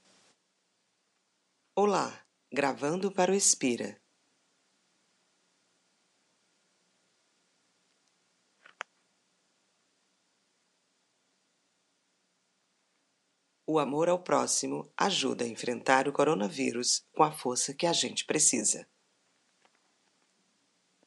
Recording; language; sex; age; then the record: spoken sentence; Brazilian Portuguese; female; 50 to 59 years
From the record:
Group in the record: control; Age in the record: 55 years